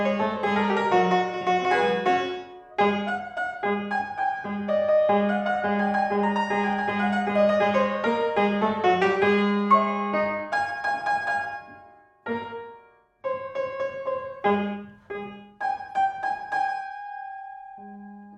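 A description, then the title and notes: A cat plays the piano: clusters of piano notes sound together and ring over each other for the first ten seconds, mostly in the low and middle range. After that the playing thins into scattered, irregular single notes and short chords separated by brief silences. My Cat Playing the Piano.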